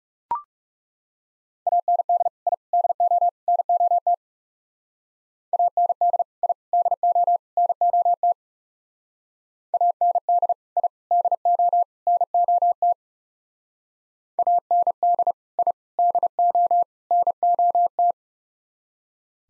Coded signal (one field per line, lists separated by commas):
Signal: Morse code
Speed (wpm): 36 wpm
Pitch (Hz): 700 Hz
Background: none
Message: AND I DO NOT AND I DO NOT AND I DO NOT AND I DO NOT